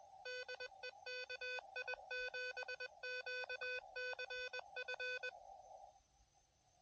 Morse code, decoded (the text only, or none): DE KI7QCF